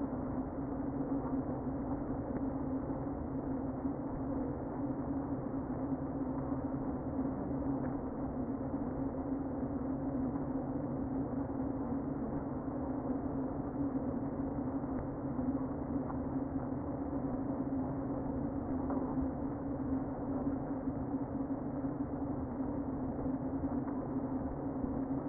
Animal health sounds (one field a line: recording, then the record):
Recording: honeybee colony, microphone inside the hive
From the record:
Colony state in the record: queen present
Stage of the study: before two queens were removed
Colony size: about 60,000 bees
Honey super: yes